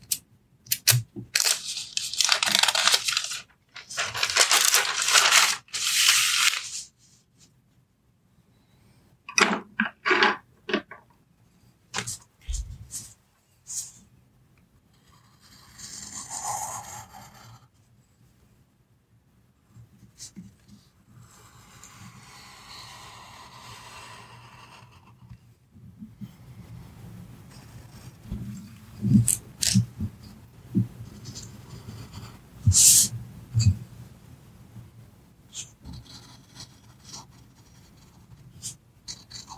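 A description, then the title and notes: Pencil scratching and tracing on paper comes in loud, dense bursts during the first seven seconds, then in short scattered strokes. Softer papery rustles drift through around 15–25 seconds, and a low steady hum sits underneath, with crisp taps and scrapes near the end. Soft tracing with pencils.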